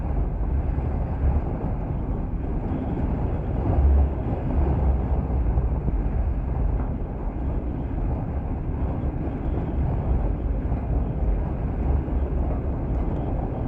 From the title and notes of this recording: Sounds inside a flagpole. Koggala beach, contact mic recording the resonance of the wind in a flagpole. Recorded by Stéphane Marin/Espaces Sonores.